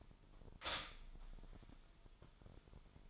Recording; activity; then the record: daily activity, microphone in the room; stop toaster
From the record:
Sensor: 5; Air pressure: 1002.1 hPa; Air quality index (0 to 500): 207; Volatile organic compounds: 20 ppm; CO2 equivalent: 2683 ppm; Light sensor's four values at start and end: 33/108/41/44 and 33/108/41/43